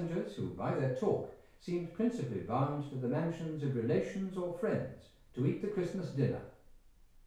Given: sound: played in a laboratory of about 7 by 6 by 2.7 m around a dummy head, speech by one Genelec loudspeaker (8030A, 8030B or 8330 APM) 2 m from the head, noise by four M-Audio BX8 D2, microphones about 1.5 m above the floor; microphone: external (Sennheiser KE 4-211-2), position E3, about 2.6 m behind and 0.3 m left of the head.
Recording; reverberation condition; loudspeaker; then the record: male speech in English; medium; 120 degrees to the left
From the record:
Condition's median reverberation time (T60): about 510 ms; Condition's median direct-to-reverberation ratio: about -0.5 dB